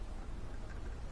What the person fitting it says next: It didn't click, but there it is.